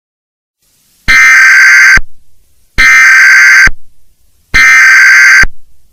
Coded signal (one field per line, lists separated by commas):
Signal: Emergency Alert System (SAME) tones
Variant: header bursts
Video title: EAS Scenario #3: Deadly Computer Virus